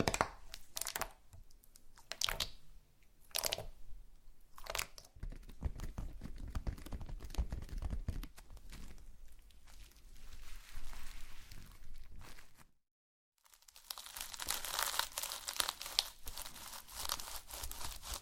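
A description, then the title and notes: Slime being squeezed and handled, with wet crinkling and crackling textures throughout. Bright sharp bursts come at about one, two, three and five seconds, then a steadier squishing stretch follows. Everything drops to silence near thirteen seconds before a denser, brighter crackling resumes. ASMR SLIME No Talking Satisfying slime Sounds.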